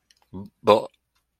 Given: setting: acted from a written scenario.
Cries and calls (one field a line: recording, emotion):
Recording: vocal sound without words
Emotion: confusion